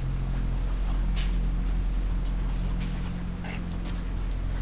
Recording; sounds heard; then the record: poultry house recording; sick chickens (respiratory disease)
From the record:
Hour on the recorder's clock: 3